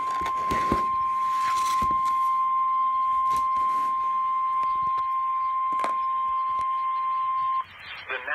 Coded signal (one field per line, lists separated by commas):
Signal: Emergency Alert System (SAME) tones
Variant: 1050 Hz attention tone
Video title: Severe Thunderstorm Watch #512 (EAS #55)